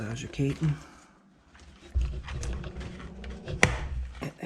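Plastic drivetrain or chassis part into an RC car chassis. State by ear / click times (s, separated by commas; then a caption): seated / 3.6 s. A plastic drivetrain or chassis part is pushed home into the chassis of a Losi SXS RZR RC UTV during a teardown and rebuild, while someone talks. A few faint ticks of handling lead up to one loud, sharp snap at 3.6 s as the part seats into place.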